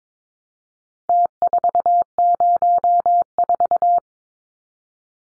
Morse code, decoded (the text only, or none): T404